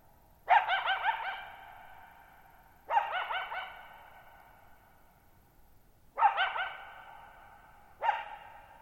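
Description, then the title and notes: Coyote giving sharp barking calls in bouts, each bark followed by a long ringing echo; four bouts spaced a few seconds apart in an otherwise very quiet night. One lone coyote at night, July 14, 2019, Thirtymile Meadows, Okanogan National Forest, Okanogan High Country, Pacific Northwest, 6400 ft (1950 m), high dry plateau, shallow bowl-shaped meadow with boggy ground. "Lone Coyote at Thirtymile Meadows. I spent the night of July 14, 2019, camped near Thirtymile Meadows in the Okanogan National Forest at 6400 ft (1950 m)"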